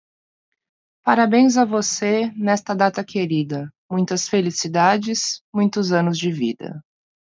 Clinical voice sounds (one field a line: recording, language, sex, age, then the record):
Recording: short text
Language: Brazilian Portuguese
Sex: female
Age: 30 to 39 years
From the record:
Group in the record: control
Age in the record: 30 years